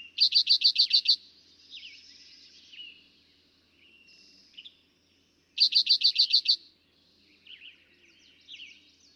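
Eastern towhee repeating a short, rapid string of crisp notes twice, about five seconds apart, over a light background of other bird calls.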